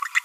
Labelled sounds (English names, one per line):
Green-rumped Parrotlet babbling